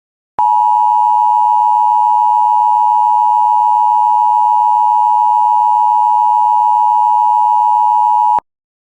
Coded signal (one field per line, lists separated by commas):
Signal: Emergency Alert System (SAME) tones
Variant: 853 and 960 Hz attention tone